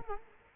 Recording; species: mosquito wingbeat signal from an infrared sensor; Culex quinquefasciatus